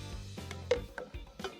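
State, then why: Not seated. A removable battery on a Ride1Up Vorsa e-bike is handled as it goes back into the frame mount terminals-first, making a few sharp knocks and light rattles over music. Nothing has seated or clicked into place yet.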